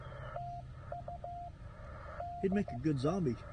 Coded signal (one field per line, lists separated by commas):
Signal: Morse code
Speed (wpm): 15 wpm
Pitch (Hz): 700 Hz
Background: speech, radio noise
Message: TU DE